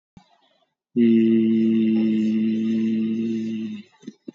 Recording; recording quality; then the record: sustained vowel as in beet; excellent, no background noise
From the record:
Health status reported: COVID-19 positive, mild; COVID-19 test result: positive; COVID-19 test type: RT-PCR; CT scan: taken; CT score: 13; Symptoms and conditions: cough, sore throat, fatigue, loss of smell and taste, diabetes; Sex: male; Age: 51 years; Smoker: no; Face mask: worn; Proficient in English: yes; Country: India